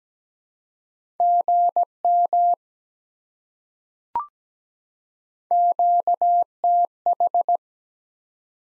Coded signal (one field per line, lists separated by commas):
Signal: Morse code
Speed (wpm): 17 wpm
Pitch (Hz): 700 Hz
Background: none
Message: GM QTH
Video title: Top 20 QSO Elements 17wpm